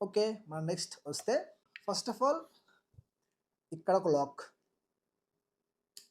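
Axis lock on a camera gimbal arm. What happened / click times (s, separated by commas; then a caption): A small lock clicked into place / 6.0 s. Someone talks as the axis lock on the arm of a DJI RS 4 Mini handheld camera gimbal is engaged. After a quiet pause, a single sharp, short click sounds at 6.0 s as the lock seats into place.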